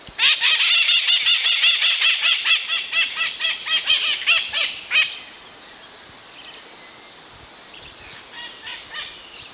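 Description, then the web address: Bird giving a long, rapid series of many harsh, squawking notes for about five seconds, then a few faint notes. "BIRD 2015 SABIOD bird 2015"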